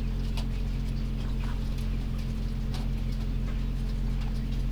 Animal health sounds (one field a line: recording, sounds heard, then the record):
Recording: poultry house recording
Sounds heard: sick chickens (respiratory disease)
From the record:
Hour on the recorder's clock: 1